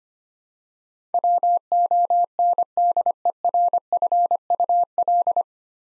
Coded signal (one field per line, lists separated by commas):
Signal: Morse code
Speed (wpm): 25 wpm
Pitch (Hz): 700 Hz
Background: none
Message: WONDERFUL